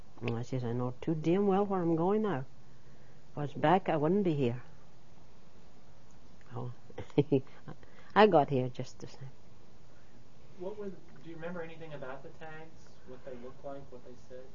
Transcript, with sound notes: And I said, "I know too damn well where I'm going now." I was back, I wouldn't be here. ( she laughs ) I got here just the same.
What was, do you remember anything about the tags, what they looked like, what they said?